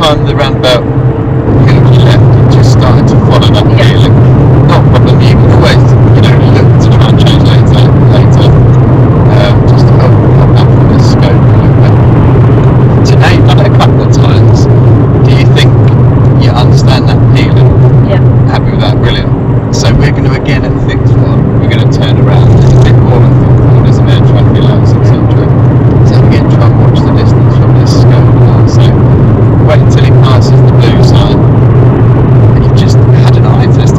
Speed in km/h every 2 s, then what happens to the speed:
90, 89, 90, 92, 90, 87, 84, 77, 77, 77, 81, 82, 84, 84, 79, 74, 72.
0-9 steady at about 90. 9-14 slows to 77. 14-26 steady at about 81. 26-34 slows to 72.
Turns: none.